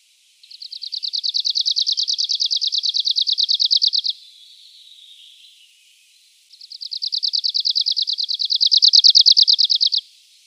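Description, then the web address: Arctic warbler song: two fast, dry, even trills of about three and a half seconds each, separated by a pause of over two seconds, growing slightly louder through each phrase. "Schulze Peter Arctic Warbler"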